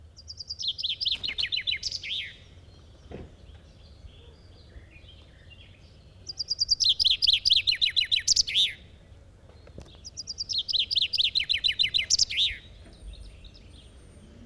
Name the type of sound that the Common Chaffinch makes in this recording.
song